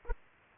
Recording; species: mosquito wingbeat signal from an infrared sensor; Aedes aegypti